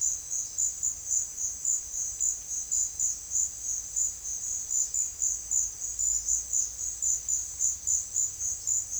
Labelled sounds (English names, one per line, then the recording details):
none
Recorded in secondary vegetation near Puerto Asís, Putumayo, Colombia, on 24 June 2025 at 16:30
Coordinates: 0.500, -76.326
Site GP08